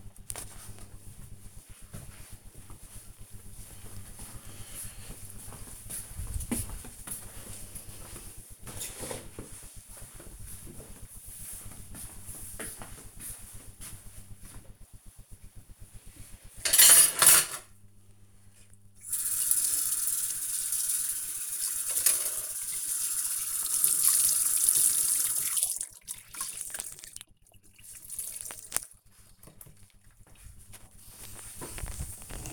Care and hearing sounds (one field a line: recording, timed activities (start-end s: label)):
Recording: household activities, microphone on the right wrist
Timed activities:
13.68-32.53 s: cleaning table